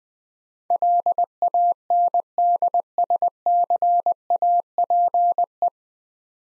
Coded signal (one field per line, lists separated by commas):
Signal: Morse code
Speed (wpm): 21 wpm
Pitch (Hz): 700 Hz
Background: none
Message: LANDSCAPE